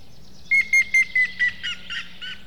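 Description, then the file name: Grey-headed woodpecker call: a series of about eight clear whistled notes, evenly spaced, gradually dropping in pitch and fading toward the end, with a low steady hum beneath. "hamvas küllő dobolás és kiáltás"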